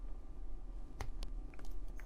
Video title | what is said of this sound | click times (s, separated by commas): Agora Models Build the Terminator - Pack 10 - Stages 91-100 | Did you hear that click? | 1.0 s